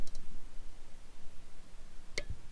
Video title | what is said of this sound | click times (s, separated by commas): Blitz Krieg Mini Bike Build Project: Predator 212 Engine Mods | there that's the click out on it | 2.2 s